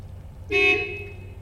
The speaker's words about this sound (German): Das Auto hupt.